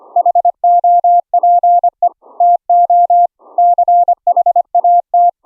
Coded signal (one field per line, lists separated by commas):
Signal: Morse code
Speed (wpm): 25 wpm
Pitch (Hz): 700 Hz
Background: none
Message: HOPE TO CHAT